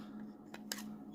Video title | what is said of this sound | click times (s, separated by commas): Fixing Ebay Junk - HIATT Rigid | like so click into place and then all we've got to do is put in our screws and | 0.7 s